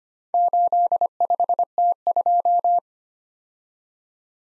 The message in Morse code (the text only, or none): 85T2